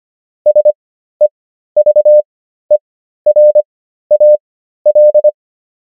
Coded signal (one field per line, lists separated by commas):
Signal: Morse code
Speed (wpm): 25 wpm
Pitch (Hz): 600 Hz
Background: none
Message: SEVERAL